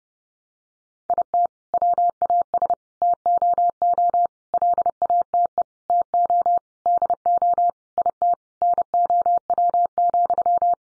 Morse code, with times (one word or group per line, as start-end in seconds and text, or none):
1.1-1.5 IT
1.7-2.7 WAS
3.0-4.3 TOO
4.5-5.6 LATE
5.9-6.6 TO
6.9-7.7 DO
8.0-8.3 IT
8.6-10.7 NOW,